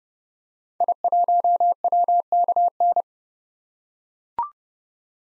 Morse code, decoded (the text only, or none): I1WKN